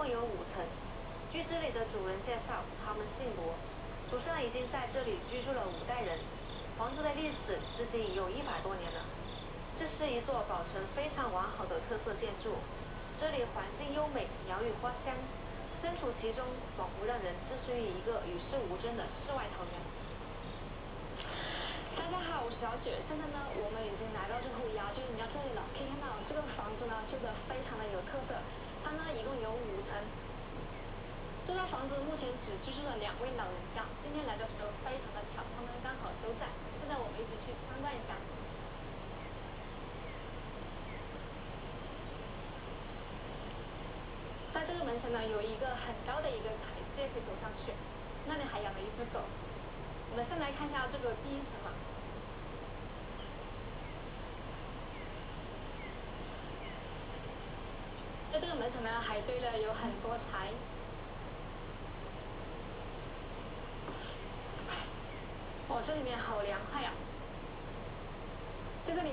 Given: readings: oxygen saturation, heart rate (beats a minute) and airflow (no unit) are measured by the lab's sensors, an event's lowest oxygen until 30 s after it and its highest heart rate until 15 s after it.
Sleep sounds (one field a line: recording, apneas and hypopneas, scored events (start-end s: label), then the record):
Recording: a person awake in a sleep study, by a voice recorder at the bedside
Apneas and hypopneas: none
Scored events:
0.00-69.13 s: awake
From the record:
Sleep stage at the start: awake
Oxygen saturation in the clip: 93 to 94%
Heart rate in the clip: 59 to 64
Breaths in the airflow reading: 24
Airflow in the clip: -4.6 to 4.7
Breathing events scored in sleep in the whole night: 476 in 9.7 hours asleep